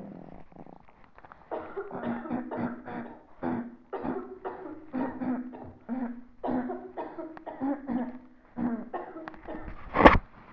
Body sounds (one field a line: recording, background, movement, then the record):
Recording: throat clearing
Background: a bystander coughing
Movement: sitting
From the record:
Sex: female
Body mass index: 36.4 kg/m2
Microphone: on the chest, facing the body